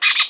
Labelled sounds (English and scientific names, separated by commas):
Brown-throated Parakeet (Eupsittula pertinax) contact call